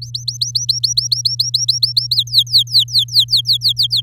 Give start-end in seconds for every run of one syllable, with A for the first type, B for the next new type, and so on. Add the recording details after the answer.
0.02-2.15 A, 2.16-4.01 B. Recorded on 8 May 2018 at 17:05. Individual llb16